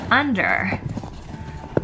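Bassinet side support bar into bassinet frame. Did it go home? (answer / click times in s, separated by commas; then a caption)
no / none. Someone talks while unfolding a flat-stored Mompush Ultimate2 stroller bassinet and pulling a bassinet side support bar under toward the bassinet frame. Soft handling noises follow, with a couple of sharp taps near the end. The bar has not yet snapped into place, and nothing has seated or clicked.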